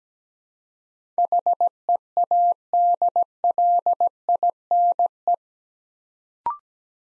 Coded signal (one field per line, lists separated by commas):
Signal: Morse code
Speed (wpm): 17 wpm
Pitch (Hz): 700 Hz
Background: none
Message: HEADLINE